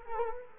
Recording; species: mosquito wingbeat signal from an infrared sensor; Culex quinquefasciatus